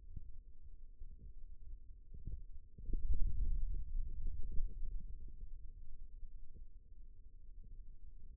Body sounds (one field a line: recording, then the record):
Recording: forearm muscle sounds (acoustic myography)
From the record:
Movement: pen grasping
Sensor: system 2, bracelet of six BSWA MPA416 microphones around the upper forearm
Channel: 3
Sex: male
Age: 22 years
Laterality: right